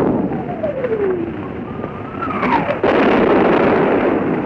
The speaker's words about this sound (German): Wir liegen hier mittendrin. Um uns die Einschläge. Wir treffen den Körper in die Erde. Die Feindgranaten suchen uns. Wir fühlen das Herz schlagen. Die Erdbrocken und Steine klatschen uns auf den Rücken.